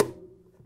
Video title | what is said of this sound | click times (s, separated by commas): How To: Whirlpool/KitchenAid/Maytag Tub Seal W10219156 | the fabric softener dispenser put it into place and then press it straight down until it clicks | 0.0 s